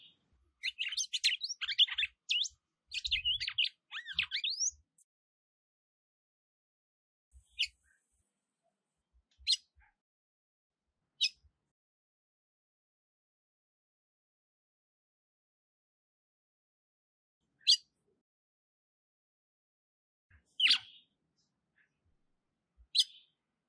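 A female red-cowled cardinal sings a quick, bright warbling burst of high chirping notes, followed by scattered single sharp chirps separated by long pauses of silence.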